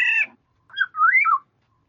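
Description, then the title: Black-naped oriole giving a harsh, nasal mewing note, then a brief pause and a fluty, warbling whistle that rises and falls. "Kepodang"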